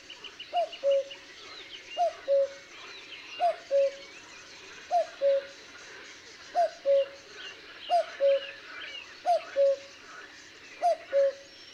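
Cuckoo repeating its falling two-note cu-coo eight times over a soft wash of birdsong.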